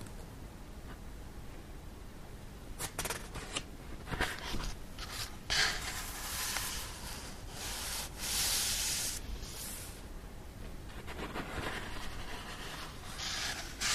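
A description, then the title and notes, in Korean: Pages of a book are turned, with soft papery swishes and crisp flicks arriving irregularly, thickest from about 3 to 6 seconds and again near 8 to 9 and 11 seconds. A low steady rumble runs underneath throughout. 책을 넘기는 소리.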